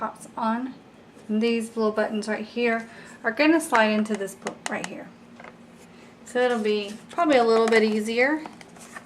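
Someone talks while handling a plastic castle top piece, lining it up to be pressed onto the small plastic buttons of a toy castle, with a few faint, brief handling sounds between the words. Nothing has seated or clicked into place yet when the clip ends.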